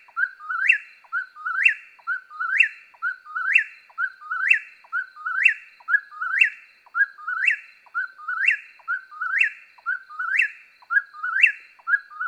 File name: Eastern Whip-poor-will